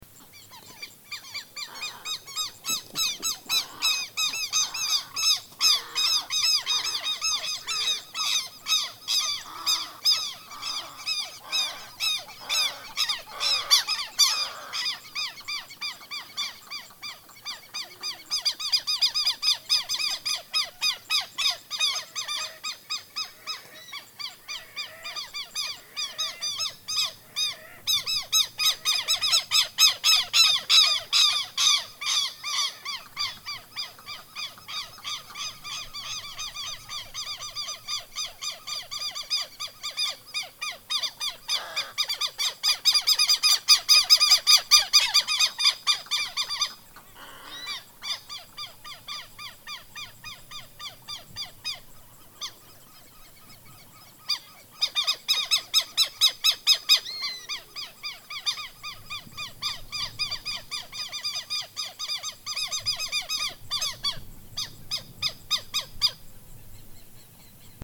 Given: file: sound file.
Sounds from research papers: Example 1 for long alarm call series of a V. chilensis flock mobbing a predator (e.g. Southern Crested Caracara Caracara plancus) to defend their chicks. Background (faint): E. thula, C. plancus (faint cackling), other birds, and insects. Recording station PPA001, 16 Jun. 2013, 15:35 h; filtered in range 0–100 Hz to remove wind noise.

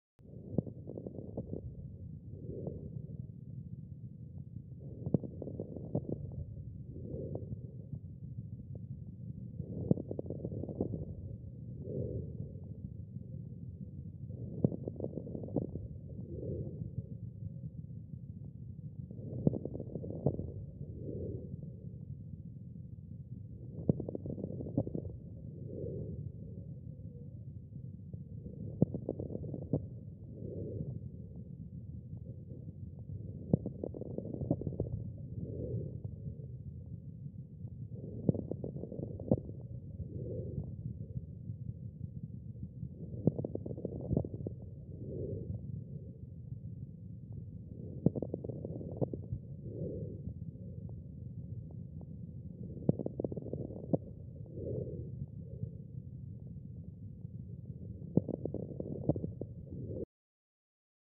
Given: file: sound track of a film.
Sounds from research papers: Digitally recorded lung sound. Crackle recorded with Skeeper SM-300®.

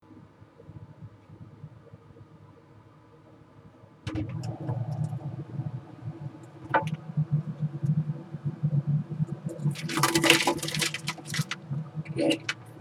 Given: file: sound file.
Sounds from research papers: Directed singing 160046 audio inset 1.

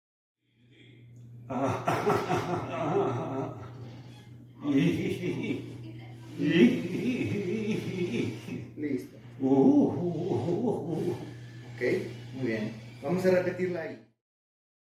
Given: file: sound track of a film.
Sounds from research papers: Patient 1 with a predominant tremor–ataxia syndrome, including head and vocal tremor, high-amplitude upper limb tremor, and upper limb ataxia.

